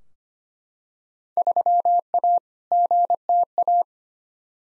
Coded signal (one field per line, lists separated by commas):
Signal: Morse code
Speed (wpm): 25 wpm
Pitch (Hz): 700 Hz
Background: none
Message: 3A GTA